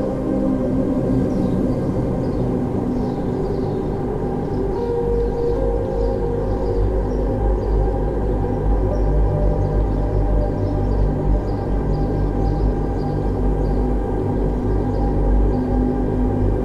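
Relaxing music with deep, ringing gong-like tones holds a steady, dense drone throughout, the low and middle notes sustained and overlapping at an even loudness. Faint bird chirps flicker high above at irregular moments, soft behind the music.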